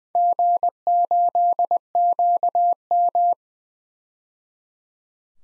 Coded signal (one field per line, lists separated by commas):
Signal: Morse code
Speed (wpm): 20 wpm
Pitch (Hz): 700 Hz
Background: none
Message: G8QM